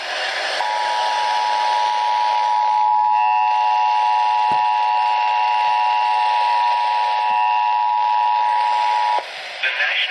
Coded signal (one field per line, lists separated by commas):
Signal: Emergency Alert System (SAME) tones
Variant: 853 and 960 Hz attention tone